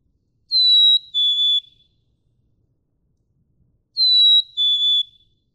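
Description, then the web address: Black-capped chickadee repeating its pure two-note whistle, high then lower, twice roughly three and a half seconds apart. "birdsongforthecurious Black-capped Chickadee"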